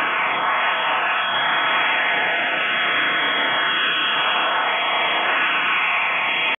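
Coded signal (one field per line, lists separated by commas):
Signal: HF data modem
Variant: CIS-12 12-tone PSK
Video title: 11084 KHz USB - Russian CIS-12 modem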